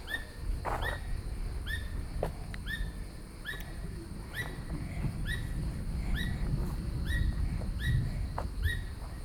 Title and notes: un écureuil asiatique au loin. Vallauris, France